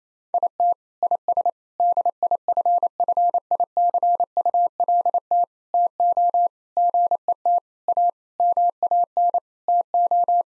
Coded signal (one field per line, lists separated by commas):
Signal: Morse code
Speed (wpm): 28 wpm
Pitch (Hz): 700 Hz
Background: none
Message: IT IS DIFFICULT TO GET A MAN TO